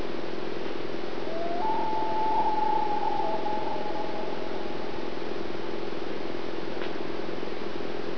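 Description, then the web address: Loon wail: a drawn-out, even tone rising gently then sustained for several seconds, heard over a steady humming noise. Spruce Lake, 2000, during a hike. "2000 Hiking 0902 Spruce Lake loon"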